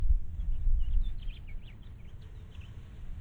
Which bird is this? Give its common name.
House Finch